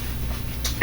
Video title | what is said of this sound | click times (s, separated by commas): My Cloth Diaper Stash | and snaps right in | 0.7 s, 0.8 s